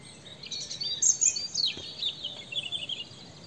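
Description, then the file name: European robin delivering a continuous high, tinkling warble of thin whistles and trills. "Erithacus rubecula"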